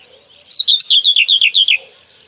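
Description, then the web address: Common whitethroat song: a rapid, even series of chattering notes, each slurring downward, lasting just over a second against near silence. "Kurs PTTK Przyroda Ptaki Cierniówka"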